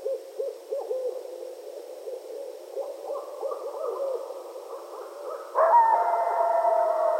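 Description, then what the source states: Coyotes yipping in quick, uneven bursts of short barks, then breaking into a loud chorus of overlapping, sustained howls at several pitches. Several coyotes recorded at night on 15 February 2012.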